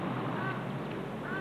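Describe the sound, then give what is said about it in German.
A crow caws twice, harsh, raspy calls about a second apart, rising out of a steady, dense hiss of background noise. “Die Krähe.”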